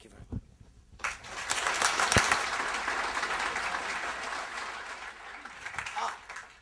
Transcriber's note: applause